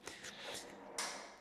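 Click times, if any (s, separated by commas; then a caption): 1.0 s. A Pilates reformer foot bar (Reformer RX) in travel mode is tilted toward the back of the machine, moving against its detent on the machine frame with a faint tap near 0.1 s and soft rubbing. At 1.0 s it gives a small, bright click as it seats into position five.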